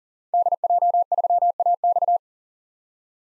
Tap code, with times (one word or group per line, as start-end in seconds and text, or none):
none